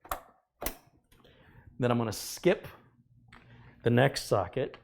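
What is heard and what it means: A DDR4 memory stick is pushed down by its corners into a motherboard DIMM slot until the retention levers snap shut. Two sharp clicks are heard at 0.1 s and 0.7 s, showing the module is seated. Someone then talks.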